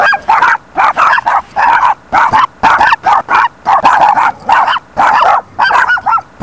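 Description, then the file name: Chihuahua barking in rapid, high-pitched yaps, many bursts with brief gaps throughout. Chihuahuas; more than one dog. "Chihuahuas corner of scott"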